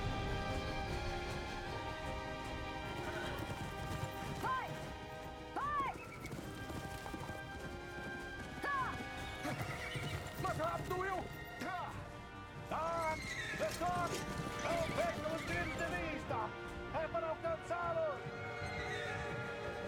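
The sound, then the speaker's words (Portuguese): Steady clip-clopping hoofbeats of a horse named Pepper in a dubbed film, with loud, wavering horse neighs and whinnies breaking out repeatedly over the dense clatter, with some heavier thuds mixed in. “é meu cavalo.”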